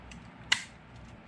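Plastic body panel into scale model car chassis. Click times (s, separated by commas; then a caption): 0.5 s. A plastic body panel is squeezed down over the parts beneath it on a DeAgostini 1:8 scale Ford GT model car chassis. A single sharp, bright snap at 0.5 s stands out against a quiet background. The snap marks the panel seating into place.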